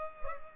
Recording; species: mosquito wingbeat signal from an infrared sensor; Culex pipiens